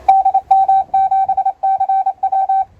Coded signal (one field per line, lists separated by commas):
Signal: Morse code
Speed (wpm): 28 wpm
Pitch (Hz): 770 Hz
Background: radio noise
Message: DM7CW